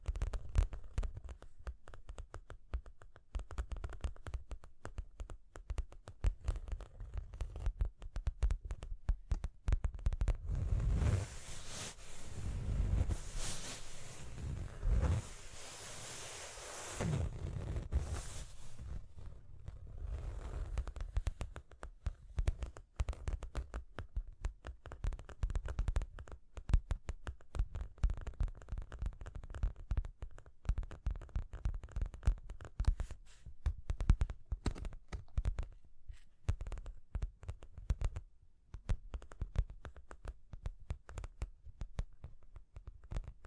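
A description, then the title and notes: Tapping and scratching, a dense run of small dry knocks and scrapes heavy in the low end and going on throughout. Between about 10 and 18 seconds the scratching grows louder and brighter, a rough rubbing sound. After that it settles back to quieter, irregular taps. Tapping and Scratching (No Talking).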